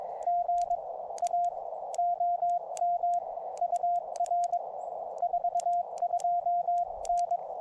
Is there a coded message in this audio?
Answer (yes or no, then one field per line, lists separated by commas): yes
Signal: Morse code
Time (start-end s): 0.3-7.4 s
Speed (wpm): 21 wpm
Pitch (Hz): 700 Hz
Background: radio noise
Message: GA OM UR 42N